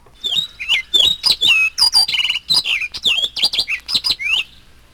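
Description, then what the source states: Orchard Oriole song: a rapid, varied run of bright whistled and slurred notes, some rising and some falling, with short buzzy bits, for about four seconds. Original song, before tape slowing, used as one of two parts of the second theme of a symphony's first movement.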